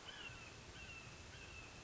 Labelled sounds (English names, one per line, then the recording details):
Red-shouldered Hawk
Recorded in Sonoma County, California